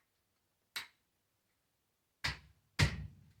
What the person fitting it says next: give them a little push like that they snap right in